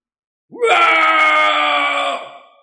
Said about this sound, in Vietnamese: Đột nhiên lão ngửa mặt lên trời mà thét dài, đầy đầu tóc bạc rối bù bay bay lộ ra gương mặt. Mà trong quá trình này cũng không biết có bao nhiêu thánh hiền miệng phun máu, thân thể chấn động mãnh liệt.